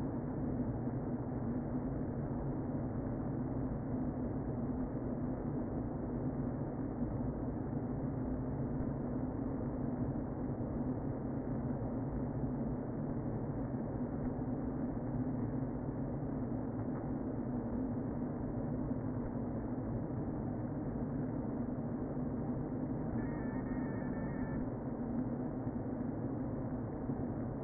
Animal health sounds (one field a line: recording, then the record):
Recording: honeybee colony, microphone inside the hive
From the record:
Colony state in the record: queen present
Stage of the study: before two queens were removed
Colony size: about 60,000 bees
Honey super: yes